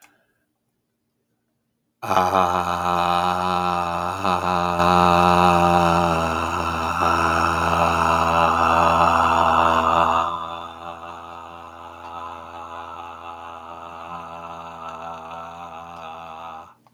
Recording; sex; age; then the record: vowel held as long as possible; male; 50 to 59 years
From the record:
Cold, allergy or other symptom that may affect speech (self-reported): no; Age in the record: 58 years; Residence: Wisconsin, United States